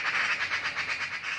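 Magpie chatter, a steady stream of harsh, evenly spaced rasping notes, fast and unbroken throughout.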